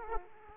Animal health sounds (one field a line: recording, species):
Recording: mosquito wingbeat signal from an infrared sensor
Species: Aedes aegypti